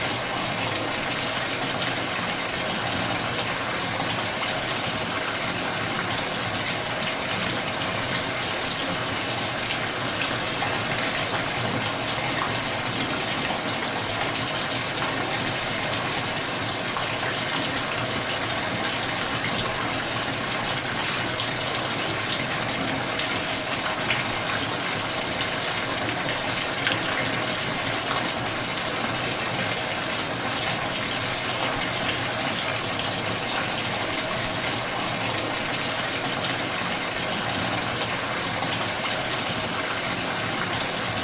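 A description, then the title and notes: Water runs steadily into a bathtub, a constant dense rush with a bright, hissing top and a softer churning underneath. The flow holds at the same level throughout, with no pauses or changes, and nothing else stands out behind it. Filling a Bathtub Sounds. A warm bath as it fills up slowly.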